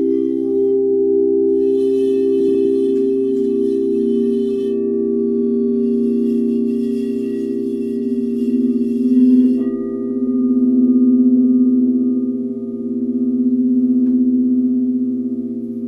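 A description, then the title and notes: Crystal singing bowls hum in a steady, low ringing drone with slow swells, a brighter tone joining near ten seconds and faint high shimmer. Crystal Singing Bowls.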